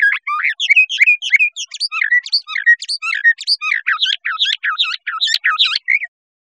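Bird giving a lively chattering song of quick chirps, squeaks and slurred whistles, steady for about six seconds before stopping.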